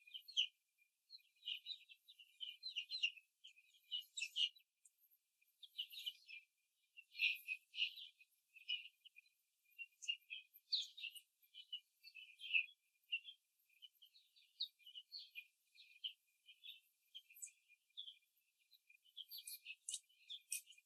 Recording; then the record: young laying hens in a cage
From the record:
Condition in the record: after the stressor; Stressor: simulated dog barking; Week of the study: 3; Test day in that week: 1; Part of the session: 2